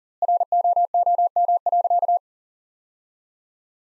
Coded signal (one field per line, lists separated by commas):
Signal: Morse code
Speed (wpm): 40 wpm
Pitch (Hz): 700 Hz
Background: none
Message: ROOM.